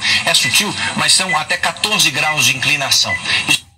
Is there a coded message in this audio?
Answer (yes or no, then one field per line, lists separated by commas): no